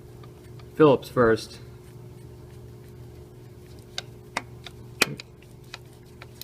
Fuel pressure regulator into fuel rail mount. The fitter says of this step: can see it just pop into place there.